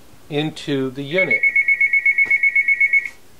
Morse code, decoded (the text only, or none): none